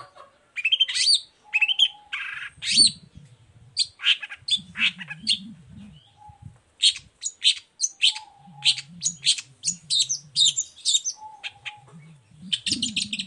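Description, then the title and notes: Long-tailed Shrike singing a varied, chattering song of sharp chirps and scratchy bursts with short pauses, over a faint low rumble. Cendet heard in the morning, singing the 'toet toet' variation; recording meant as a lure to provoke other shrikes into answering. "Langsung NYAUTTTTT ! Cendet Gacor Dor Di Kala Pagi Toet Toet Variasi Suara. Pancingan Emosi Cendet Gacor Full Variasi Toet Toet Bikin Nyaut Cendet Lain Langsung Ikutan Bunyi. Burung cendet"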